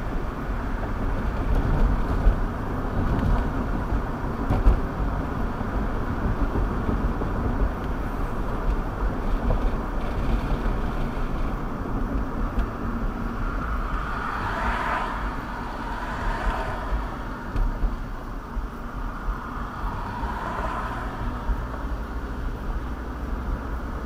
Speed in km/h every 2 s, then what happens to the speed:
63, 61, 63, 63, 63, 60, 52, 42, 39, 34, 32, 37.
0-9 steady at about 63. 9-19 slows to 32.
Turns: none.